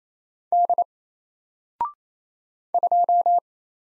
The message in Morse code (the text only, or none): D 2